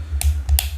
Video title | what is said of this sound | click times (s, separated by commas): Firstcom FC-78R Detail Review | nah dorong Sampai bunyi kek gitu ya | 0.6 s